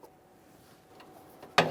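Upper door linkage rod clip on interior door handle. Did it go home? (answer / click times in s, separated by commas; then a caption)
yes / 1.6 s. The plastic retaining clip on the upper door linkage rod of a rear interior door handle on a 1999–2006 Chevrolet Silverado 1500 is pressed closed after the rod is set back to its original adjustment position. After quiet handling sounds and a faint tick at 1.4 s, a sharp click at 1.6 s shows the clip has seated.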